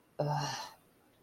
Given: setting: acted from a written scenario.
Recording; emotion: vocal sound without words; contempt